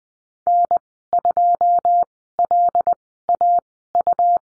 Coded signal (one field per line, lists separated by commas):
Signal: Morse code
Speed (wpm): 20 wpm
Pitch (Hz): 700 Hz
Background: none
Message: N2LAU